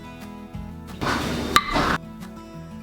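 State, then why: Seated. A metal canning lid on a hot-filled glass quart jar of peaches, cooling on the counter, pulls down under vacuum and gives a sharp pop at 1.6 s, showing that the jar has sealed. Music plays quietly in the background, and a broader burst of noise runs from about 1.0 to 2.0 s around the pop.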